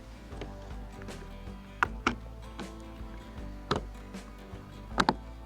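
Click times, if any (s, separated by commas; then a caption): 5.0 s, 5.1 s. A custom-painted plastic trim cover in Anvil color is popped onto the wiped-down hood of a second Jeep Wrangler while music plays, with sharp taps around 1.8, 2.1 and 3.7 seconds. A quick double click at 5.0 and 5.1 seconds marks the cover snapping firmly into place.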